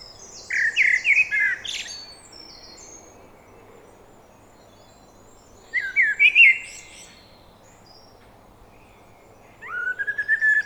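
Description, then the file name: Eurasian blackbird singing three phrases of fluty warbled notes mixed with thin, high squeaky twitters, separated by pauses of several seconds. "Turdus merula"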